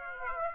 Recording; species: mosquito wingbeat signal from an infrared sensor; Aedes aegypti